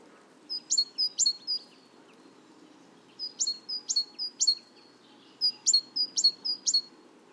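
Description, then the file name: Great tit repeating a ringing two-note phrase, several times per burst, in three bursts spaced by short quiet breaks. "Parus major"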